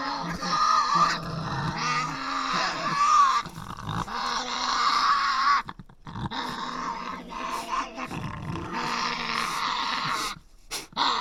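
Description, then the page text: Tasmanian devil growling and screeching, a dense, rasping chorus of overlapping harsh cries with brief gaps, continuing throughout. Resident devils in an enclosure at the Devils@Cradle conservation facility, Cradle Mountain, Tasmania, on October 24, 2007, discussing who has priority. "Birdsong for the Curious Naturalist. Tasmanian devil. Inside an enclosure at the world-class conservation facility at Cradle Mountain, Tasmania"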